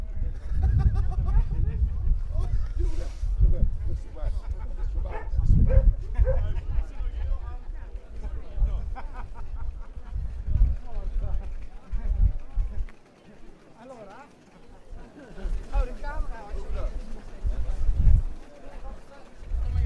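A walk from Prague Castle toward Charles Bridge, filled with overlapping voices of people talking as they pass. The murmur is steady and dense, with a low rumble underneath, a brief quieter lull around thirteen seconds, and a dog barking now and then.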